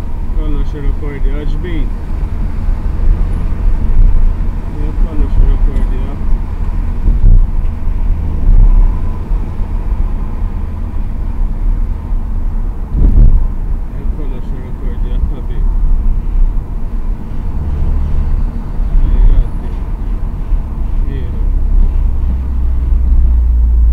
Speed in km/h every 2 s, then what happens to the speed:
49, 51, 51, 49, 51, 48, 46, 43, 44, 44, 41, 36.
0-8 steady at about 51. 8-14 slows to 43. 14-19 steady at about 44. 19-24 slows to 36.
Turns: none.